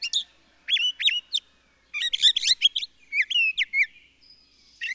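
Bird song in short twittering bursts of chirps and upslurred whistles, coming in rapid, varied clusters.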